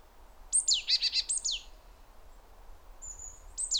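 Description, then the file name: Great tit call: one loud burst of high downslurred notes merging into a fast, buzzy stuttering chatter, then a thin high whistle and another sharp note. "Parus major"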